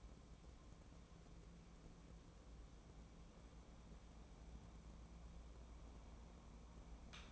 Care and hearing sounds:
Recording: daily activity, microphone in the room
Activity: wipe stove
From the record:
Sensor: 1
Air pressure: 1012.4 hPa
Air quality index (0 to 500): 150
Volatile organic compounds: 2 ppm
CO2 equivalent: 1238 ppm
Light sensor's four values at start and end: 1232/2538/1238/1382 and 1141/2368/1149/1291

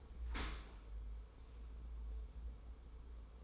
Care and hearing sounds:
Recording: daily activity, microphone in the room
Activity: open dishwasher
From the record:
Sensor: 1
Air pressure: 1015.0 hPa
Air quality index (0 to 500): 25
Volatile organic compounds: 0 ppm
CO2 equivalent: 502 ppm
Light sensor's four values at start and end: 13/30/12/13 and 13/30/12/13

